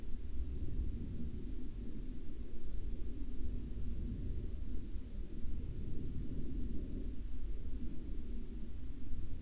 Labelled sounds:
aircraft
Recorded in the Arctic National Wildlife Refuge, Alaska, on 9 May 2019 at 02:35
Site 35

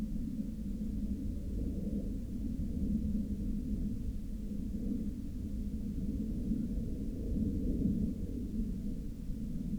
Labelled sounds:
aircraft
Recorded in the Prudhoe Bay oil fields, Alaska, on 31 July 2019 at 03:36
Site 13

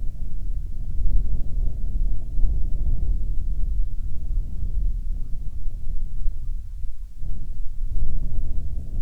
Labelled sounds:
waterfowl
wind
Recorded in the Prudhoe Bay oil fields, Alaska, on 13 June 2019 at 00:00
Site 13

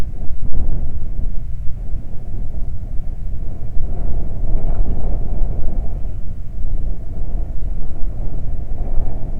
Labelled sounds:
wind
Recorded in the Prudhoe Bay oil fields, Alaska, on 12 July 2019 at 00:04
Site 29

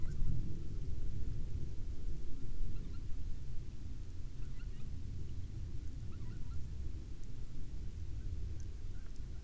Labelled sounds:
waterfowl
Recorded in the Prudhoe Bay oil fields, Alaska, on 12 May 2019 at 16:19
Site 21

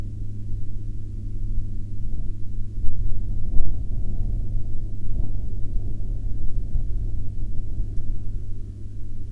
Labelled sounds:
wind
aircraft
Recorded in the Prudhoe Bay oil fields, Alaska, on 9 July 2019 at 13:01
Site 14

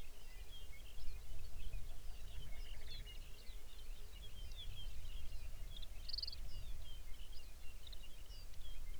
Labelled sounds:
songbird
grouse or ptarmigan
shorebird
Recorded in the Arctic National Wildlife Refuge, Alaska, on 23 May 2019 at 05:23
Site 49

